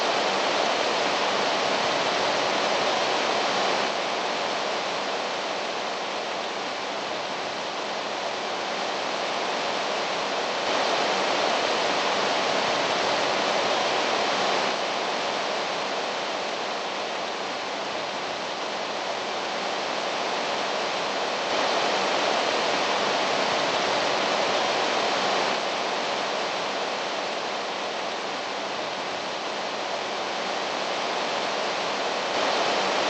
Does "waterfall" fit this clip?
yes